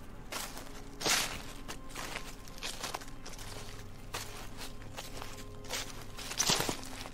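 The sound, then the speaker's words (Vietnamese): Slow footsteps outside a house, someone slowly walking in toward the door, each step a soft scuffing thud at an unhurried, slightly uneven pace over a faint steady hum, with no voices. “tiếng bước chân ở bên ngoài vang lên, giống như là có ai đó đang từ từ đi vào đây tìm đến bà ta vậy.”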